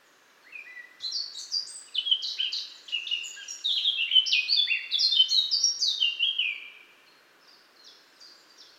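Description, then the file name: Eurasian blackcap delivering one long, rich warbling phrase of fluty notes rising and falling for about six seconds, followed by a few faint soft notes. "Sylvia atricapilla"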